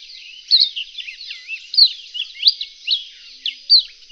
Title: kicau pleci reunion olive white eye